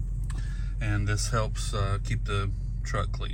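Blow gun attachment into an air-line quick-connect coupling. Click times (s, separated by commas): 0.3 s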